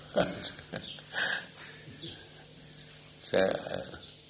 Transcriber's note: laughs